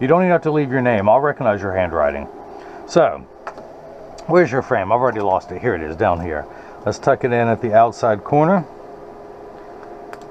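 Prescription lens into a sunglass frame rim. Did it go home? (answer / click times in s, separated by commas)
yes / 9.8 s, 10.1 s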